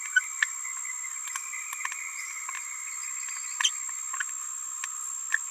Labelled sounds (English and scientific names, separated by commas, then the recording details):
Green-rumped Parrotlet (Forpus passerinus) babbling
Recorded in a nest box in Venezuela
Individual 18B17A4